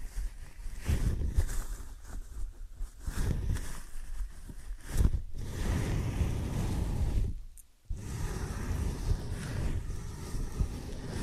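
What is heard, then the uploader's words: Muffled rubbing and brushing during an ear and scalp massage, a dense low rumble with scratchy bursts around one and five seconds. The sound drops out briefly near eight seconds, then the steady rubbing resumes. ASMR Ear & Scalp Massage and Cleaning Before Sleep (No Talking).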